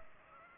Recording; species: mosquito wingbeat signal from an infrared sensor; Aedes aegypti